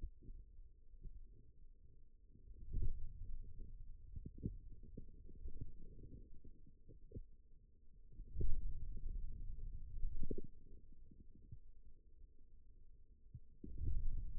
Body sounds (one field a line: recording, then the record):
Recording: forearm muscle sounds (acoustic myography)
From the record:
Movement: ulnar deviation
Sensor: system 2, bracelet of six BSWA MPA416 microphones around the upper forearm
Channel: 6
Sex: male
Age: 22 years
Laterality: right